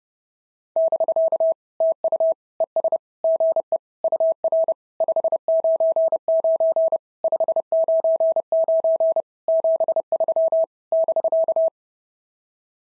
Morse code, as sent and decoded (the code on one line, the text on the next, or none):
-...-.- / - ..- / . ... / --. . / ..- .-. / ..... ----. ----. / ..... ----. ----. / --... ...-- / -...-.-
<BK> TU ES GE UR 599 599 73 <BK>